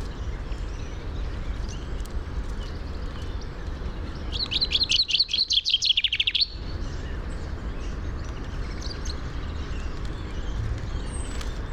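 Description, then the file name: Common chaffinch giving a single fast run of bright notes, set against steady low rumbling background noise. "Fringilla coelebs"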